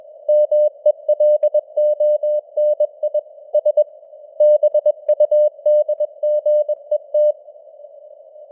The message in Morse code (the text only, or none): MELONI S BUDGET